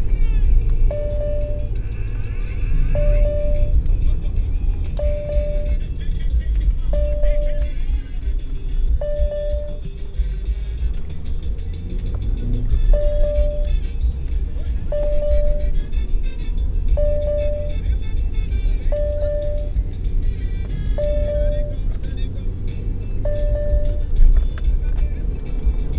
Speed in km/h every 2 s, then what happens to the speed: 38, 35, 30, 26, 19, 14, 23, 28, 31, 33, 34, 38, 40.
0-10 slows to 14. 10-26 speeds up to 40.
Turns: none.